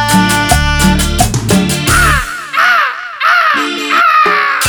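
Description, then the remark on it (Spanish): A parrot squawks in a run of harsh, rising-and-falling calls, repeated several times in quick succession over loud rhythmic music with a heavy bass beat. “Loro, vuelve a tu jaula.”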